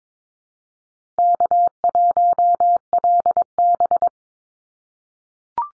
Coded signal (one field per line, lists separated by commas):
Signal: Morse code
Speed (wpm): 22 wpm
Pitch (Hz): 700 Hz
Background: none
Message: K1LB